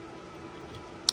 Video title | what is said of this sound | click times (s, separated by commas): 10G Networking Demystified: Tips, Cost, and Real-World Use Cases | and then we can unclick so that's really as complicated as uh this stuff get | 1.1 s